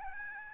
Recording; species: mosquito wingbeat signal from an infrared sensor; Aedes albopictus